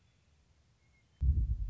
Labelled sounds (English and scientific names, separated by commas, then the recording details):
Western Meadowlark (Sturnella neglecta)
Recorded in Sonoma County, California